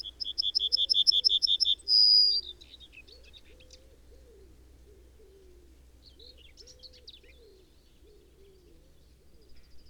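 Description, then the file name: Yellowhammer singing a rapid series of repeated high notes that ends in a long drawn-out whistle, followed by faint chirps. "trznadel david m"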